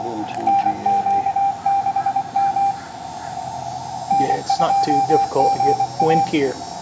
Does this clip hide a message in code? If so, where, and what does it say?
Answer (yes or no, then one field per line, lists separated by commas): yes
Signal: Morse code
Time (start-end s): 0.5-6.2 s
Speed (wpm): 21 wpm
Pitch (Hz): 790 Hz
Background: speech, radio noise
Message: NQ6M N2GA